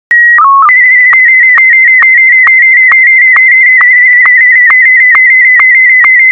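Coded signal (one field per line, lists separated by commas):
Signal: SSTV (slow-scan television)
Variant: Martin M1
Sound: steady calibration tones, then a warbling high tone with regular short low clicks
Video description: A secret end of year message for my fellow nerds. #sstv #martin-m1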